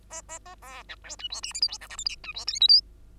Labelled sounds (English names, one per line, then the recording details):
Bengalese Finch song
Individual Bird2